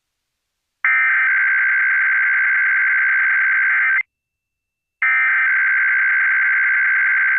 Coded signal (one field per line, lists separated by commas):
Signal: Emergency Alert System (SAME) tones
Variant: header bursts